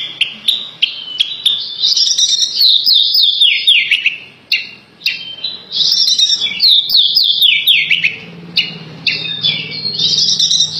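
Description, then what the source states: Horsfield's bush lark song with fast, high twittering phrases and descending slurred notes, broken by short pauses, over a faint low hum. Tutor recording for training birds.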